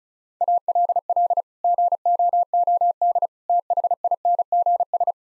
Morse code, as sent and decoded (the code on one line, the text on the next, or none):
.- .-.. .-.. / --. --- --- -.. / - .... .. -. --. ...
ALL GOOD THINGS